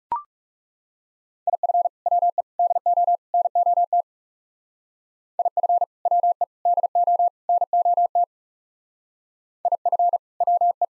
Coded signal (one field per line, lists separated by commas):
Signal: Morse code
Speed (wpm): 36 wpm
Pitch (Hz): 700 Hz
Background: none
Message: IF WE DO NOT IF WE DO NOT IF WE